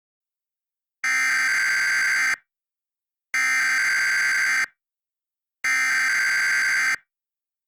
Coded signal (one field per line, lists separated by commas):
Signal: Emergency Alert System (SAME) tones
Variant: header bursts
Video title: The Asheville Inferno - EAS Scenario #2